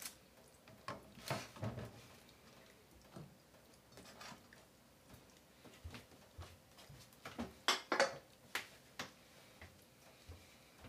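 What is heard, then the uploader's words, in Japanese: Dishes being washed, with irregular clinks and clatters of crockery, a busier cluster near eight seconds, over quiet background. 環境音 洗い物2。ひたすら洗います。ガチャガチャ鳴るかもしれないので。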